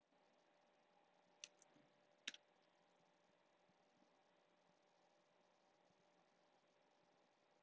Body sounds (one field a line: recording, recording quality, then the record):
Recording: sustained vowel as in beet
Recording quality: excellent, no background noise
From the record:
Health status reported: healthy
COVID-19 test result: negative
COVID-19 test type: RT-PCR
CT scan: not taken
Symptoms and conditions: none ticked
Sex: female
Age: 24 years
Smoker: no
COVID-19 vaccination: both doses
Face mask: worn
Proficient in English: yes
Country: United States